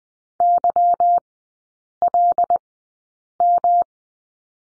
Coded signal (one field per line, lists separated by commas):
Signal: Morse code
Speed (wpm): 20 wpm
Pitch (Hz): 700 Hz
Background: none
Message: YLM